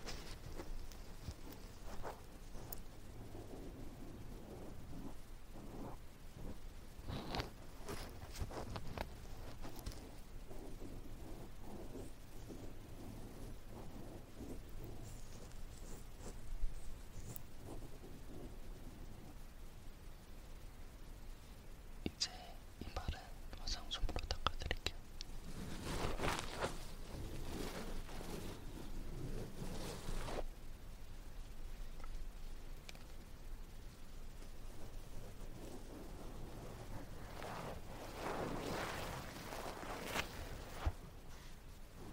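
Sticky ear pick and cotton swab ear cleaning with soft whispering, heard as dense crackly scraping and rustling that comes in bursts. Louder, fuller scratchy passages swell around 7–9, 25–30 and 37–40 seconds over a constant low rumble.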